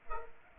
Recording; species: mosquito wingbeat signal from an infrared sensor; Culex pipiens